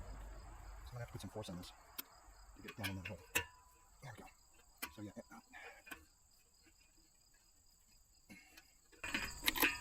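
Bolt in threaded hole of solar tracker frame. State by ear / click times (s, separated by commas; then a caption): stripped / 9.5 s. A bolt with a lock washer is forced down into its threaded hole on the metal frame of an Ecoworthy solar tracker and tightened, after it would not go in because the lock washer was pushing it out. Someone talks over a steady insect-like chirping background while scraping and tightening noises come and go. A sharp sound at 9.5 s, inside a louder burst of ratcheting near the end, marks the bolt's thread stripping while being tightened.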